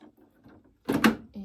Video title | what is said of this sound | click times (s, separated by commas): Replacing the ink on the Canon Imageprograf TM-240 | you should hear it snap. | 1.0 s